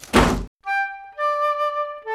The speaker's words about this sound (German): Vergessen Sie nicht, die Tür hinter sich zu schließen